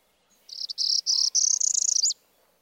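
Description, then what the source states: Northern Parula singing one buzzy, non-musical trill that rises in steps to a high end. Non-musical buzzy trill whose notes progressively climb in pitch by discrete steps, then drop over the top.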